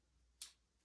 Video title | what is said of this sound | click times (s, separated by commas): Glowforge: Unboxing, Setup & First Cut! | clicks you hear that click so | 0.4 s